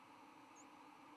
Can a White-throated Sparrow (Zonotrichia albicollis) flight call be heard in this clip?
no